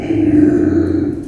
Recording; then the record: squeal of a Yucatan mini pig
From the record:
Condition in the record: before surgery on the right vocal fold (resection and tissue-engineered implant); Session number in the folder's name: 3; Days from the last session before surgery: 0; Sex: female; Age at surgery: 19 weeks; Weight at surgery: 25 kg